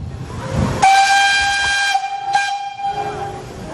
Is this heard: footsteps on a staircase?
no